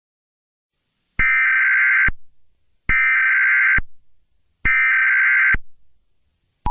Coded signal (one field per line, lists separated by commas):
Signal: Emergency Alert System (SAME) tones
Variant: header bursts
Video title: EAS Reenactment Mock: Fire Warning in Kansas